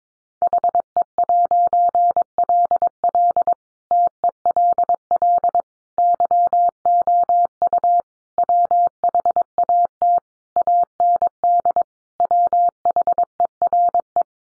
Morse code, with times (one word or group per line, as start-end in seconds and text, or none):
0.4-3.5 HE'LL
3.9-5.6 TELL
6.0-8.0 YOU
8.4-10.2 WHAT
10.6-11.8 AND
12.2-14.2 WHERE